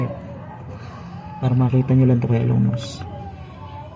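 A valve keeper half is being fitted into the spring retainer on the valve stem of a Kawasaki engine valve while someone talks over a steady low background hum. Nothing has seated or clicked yet.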